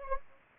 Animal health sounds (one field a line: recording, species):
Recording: mosquito wingbeat signal from an infrared sensor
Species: Anopheles gambiae